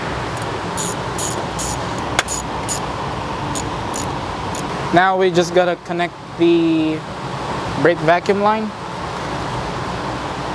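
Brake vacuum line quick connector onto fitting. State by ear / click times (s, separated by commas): not seated / none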